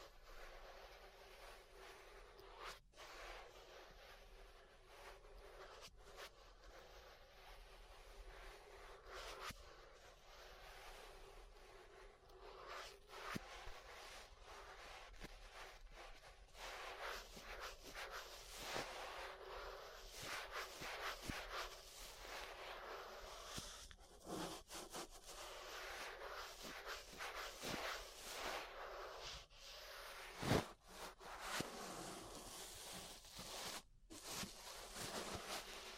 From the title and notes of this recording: ASMR Relaxing 3Dio Ear Brushing (No Talking).